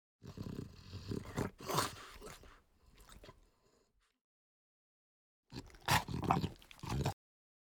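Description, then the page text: French Bulldog grunting and snorting in raspy bursts, a long run of snuffly grunts, then silence before a final short burst of harsh snorts. "French Bulldog Grunt. Quick Sounds"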